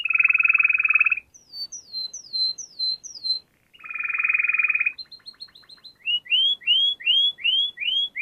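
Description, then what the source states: Canary song mixing dense low buzzy rolls with bright descending whistles, short high chips and a run of rising slurred notes. Canary song used for training other birds (masteran).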